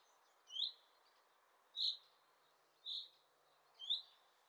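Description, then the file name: Common chaffinch calls: a short, bright, high note repeated four times at roughly one-second intervals over a faint steady hiss. "Fringilla coelebs"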